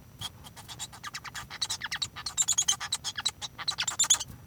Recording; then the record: song of a male Bengalese finch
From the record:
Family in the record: son of father 1